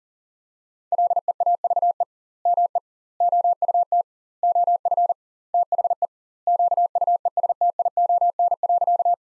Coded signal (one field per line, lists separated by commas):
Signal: Morse code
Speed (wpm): 40 wpm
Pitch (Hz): 700 Hz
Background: none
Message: LEAVE ME OUT OF THE QUESTION.